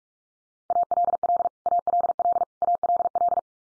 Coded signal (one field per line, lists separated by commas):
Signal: Morse code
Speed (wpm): 44 wpm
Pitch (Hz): 700 Hz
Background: none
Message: ALL ALL ALL